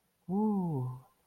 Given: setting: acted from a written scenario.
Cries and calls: vocal sound without words; serenity

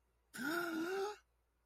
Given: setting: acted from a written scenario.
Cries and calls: vocal sound without words; realization

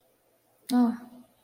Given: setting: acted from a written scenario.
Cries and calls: vocal sound without words; neutral

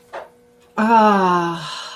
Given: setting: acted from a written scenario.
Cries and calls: vocal sound without words; contentment

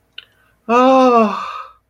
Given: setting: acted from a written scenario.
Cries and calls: vocal sound without words; ecstasy

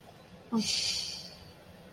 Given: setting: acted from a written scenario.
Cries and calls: vocal sound without words; romantic love

